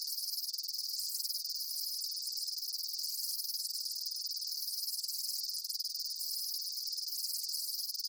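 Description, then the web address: Chirping insects form a constant high, buzzy wall of rapid pulses, with slight swells in the upper notes and nothing else audible. Daytime insect ambience; chirping bugs recorded during the day. "Blast Wave Update 1 Amb Day Insects. animal ambience insects chirps day bugs"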